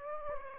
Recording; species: mosquito wingbeat signal from an infrared sensor; Aedes aegypti